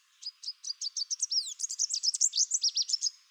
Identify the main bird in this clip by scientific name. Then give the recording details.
Basileuterus delattrii. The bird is a male. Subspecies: delattrii. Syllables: 21. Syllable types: 17. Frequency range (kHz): 3.4-8.3 kHz. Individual CR-GOGS-M